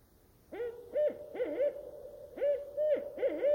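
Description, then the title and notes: Barred owl hooting song, a series of rich hoots around a steady pitch with upslurred and downslurred notes, in two phrases separated by a short pause, over a quiet background. Lone owl singing at night from a nearby tree in still, quiet air in the old-growth rain forest of the Queets river valley; its voice echoes off the trees as it calls for an answer. "Olympic National Park's Queets Rain Forest river valley, a lone Barred Owl"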